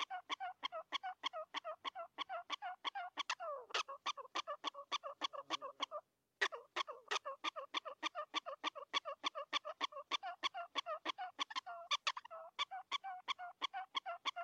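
Prairie dog barking calls, a fast series of sharp harmonic chirps about three per second, with one brief pause midway.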